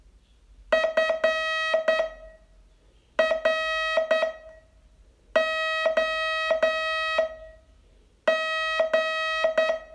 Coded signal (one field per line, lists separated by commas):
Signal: Morse code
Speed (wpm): 9 wpm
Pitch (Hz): 1900 Hz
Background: none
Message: FROG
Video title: Learn Morse in 42 Days from VU2LAU - day 26